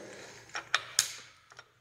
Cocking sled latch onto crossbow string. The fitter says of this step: that nice click you want to hear and you